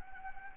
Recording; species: mosquito wingbeat signal from an infrared sensor; Anopheles gambiae